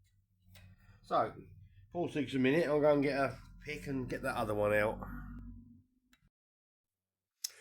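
During a petrol engine service on a 2015 SEAT Ibiza, someone talks while a stubborn plug or coil-pack connector is worked loose. After a quiet stretch, a sharp click sounds at 7.5 s as the ignition coil connector or plug comes free of the engine after a struggle.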